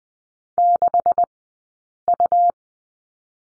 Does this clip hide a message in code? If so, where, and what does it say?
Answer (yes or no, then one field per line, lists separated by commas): yes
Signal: Morse code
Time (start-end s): 0.6-2.5 s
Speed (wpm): 20 wpm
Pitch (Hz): 700 Hz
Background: none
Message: 6U